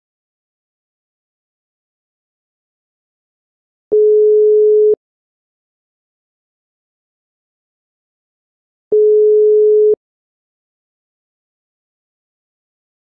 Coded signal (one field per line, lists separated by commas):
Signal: telephone call progress tone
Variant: Europe, 425 Hz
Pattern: ringback tone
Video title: Ringing / Ringback tone C (Sweden, obsolete). Call-progress tones. Phone sounds. Sound effects. SFX